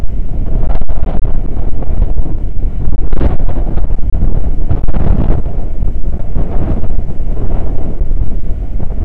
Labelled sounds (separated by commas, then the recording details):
wind
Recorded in the Prudhoe Bay oil fields, Alaska, on 9 August 2019 at 00:03
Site 29